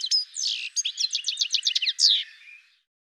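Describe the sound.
Bird giving a short burst of song: a few high notes, then a fast series of chirps ending in a slurred note that fades away.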